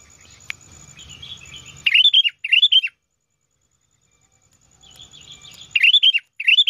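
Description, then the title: Sooty-headed bulbul with soft warbling, then loud rolling two-note phrases followed by a silent gap, repeated again at the end. "Kutilang"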